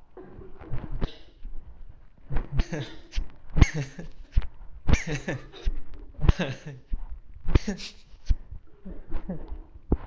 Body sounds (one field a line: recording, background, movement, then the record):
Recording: laughter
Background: a bystander coughing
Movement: walking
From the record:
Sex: male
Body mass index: 20.5 kg/m2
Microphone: on the chest, facing the body